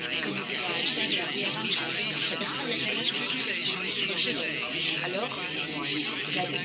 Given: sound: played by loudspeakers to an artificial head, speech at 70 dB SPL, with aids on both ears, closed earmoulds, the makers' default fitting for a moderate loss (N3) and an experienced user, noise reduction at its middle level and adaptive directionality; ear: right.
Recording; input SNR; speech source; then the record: speech test signal (ISTS) in cocktail-party noise; -6 dB; in front (0 degrees)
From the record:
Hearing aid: class 1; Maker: A